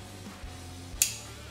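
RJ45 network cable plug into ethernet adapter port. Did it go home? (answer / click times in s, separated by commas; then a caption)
yes / 1.0 s. An RJ45 network cable plug is pushed into the RJ45 port of an ethernet adapter over a low steady hum. A single sharp click at 1.0 s marks the plug latching and seating in the port.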